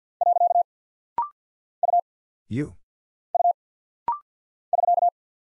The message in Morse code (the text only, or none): . U U <SK>